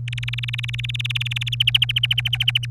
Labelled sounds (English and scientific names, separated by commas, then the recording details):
Domestic Canary (Serinus canaria) song
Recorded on 27 April 2018 at 10:28
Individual llb3